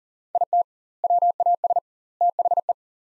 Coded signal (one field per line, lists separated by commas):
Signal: Morse code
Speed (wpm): 40 wpm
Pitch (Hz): 700 Hz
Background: none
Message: IT WAS THE